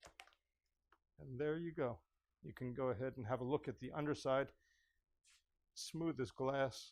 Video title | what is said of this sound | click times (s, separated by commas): (Old Version) Installation Instructions For The Flexible Build System | we just flex a little bit till you hear that click and there | 0.2 s